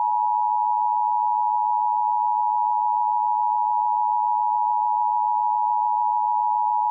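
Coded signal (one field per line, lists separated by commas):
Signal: Emergency Alert System (SAME) tones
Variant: 853 and 960 Hz attention tone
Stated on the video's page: Fictional EAS scenario made on request, about hackers taking over power plants.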